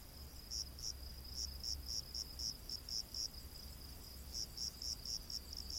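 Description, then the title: Cricket chirps repeated about twice a second in short grouped bursts, with a brief lull midway and a low rumble behind. Rainforest at night. "Crickets of the Rainforest"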